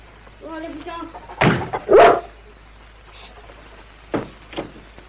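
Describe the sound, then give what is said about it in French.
A dog lets out a brief high whine, then two loud sharp barks in quick succession, followed after a pause by two softer, shorter barks. “Dis donc, tu pourrais pas mettre ton chien dehors?”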